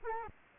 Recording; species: mosquito wingbeat signal from an infrared sensor; Culex quinquefasciatus